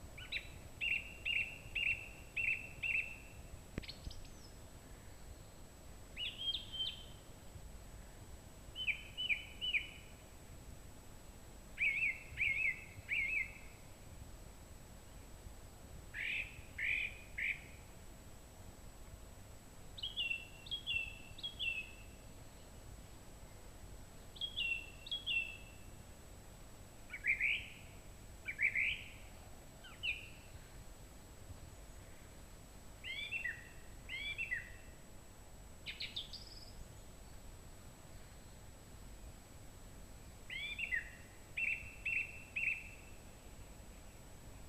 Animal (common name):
Song Thrush